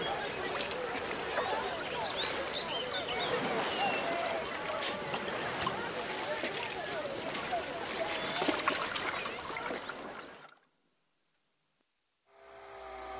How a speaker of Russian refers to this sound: На катере по реке плывут ребята.